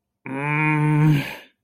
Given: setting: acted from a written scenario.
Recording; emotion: vocal sound without words; anger